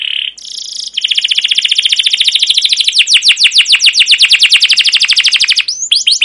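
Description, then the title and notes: Canary song: a brief buzzy note, then a long loud rolling trill of fast repeated high chirps that gradually slows into separate descending notes. Continuous, long song ('gacor panjang', 'cuit cuit ngerol') meant as a lure and master tutor for training young caged canaries to learn sounds. "CUIT CUIT NGEROL LANGSUNG GACOR PANJANG Kenari Pancingan KENAR. PANCINGAN Kenari GACOR PANJANG Cuit CUIT EMOSI MASTERAN Kenari PAUD belajar BUNYI. burung kenari"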